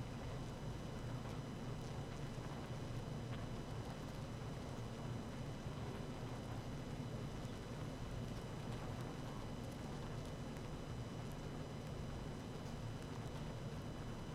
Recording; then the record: honeybee colony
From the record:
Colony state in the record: active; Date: 12 June 2018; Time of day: 18:11